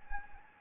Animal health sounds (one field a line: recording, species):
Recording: mosquito wingbeat signal from an infrared sensor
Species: Anopheles gambiae